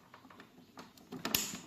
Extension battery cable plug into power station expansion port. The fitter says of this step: Voilà, le clic signifie que c'est bien connecté.